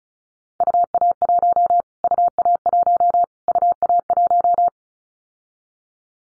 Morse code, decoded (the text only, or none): UA1 UA1 UA1